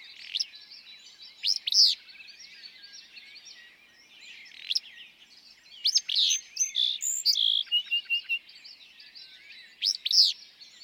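Willow flycatcher delivering burry, explosive two-part phrases about every four seconds amid steady chirping and whistled notes from other birds.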